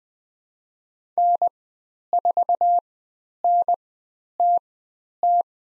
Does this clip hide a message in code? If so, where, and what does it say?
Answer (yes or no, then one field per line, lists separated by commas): yes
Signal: Morse code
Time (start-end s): 1.2-5.4 s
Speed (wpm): 20 wpm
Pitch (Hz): 700 Hz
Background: none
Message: N4NTT